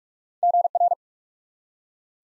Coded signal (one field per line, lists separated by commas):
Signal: Morse code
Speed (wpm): 44 wpm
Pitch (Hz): 700 Hz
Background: none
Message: GR